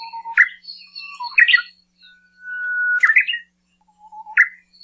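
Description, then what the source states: Japanese bush warbler song: a long steady introductory whistle followed by a quick, sharp ending syllable, with other brief chirping phrases around it. First of two main song types: long introductory whistle ending in a syllable; bird lives in dense understory vegetation.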